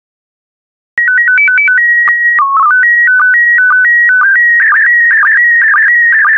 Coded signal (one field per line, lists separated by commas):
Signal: SSTV (slow-scan television)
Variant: PD 120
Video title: 109037 Foxes and Coyotes SSTV PD120